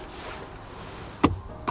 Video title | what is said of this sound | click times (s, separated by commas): Belkin Magsafe Car Mount for iPhone 12 - Is it Worth It? | There you go. You have to sometimes adjust it so it clicks into place, but you will hear a slight click. | 1.2 s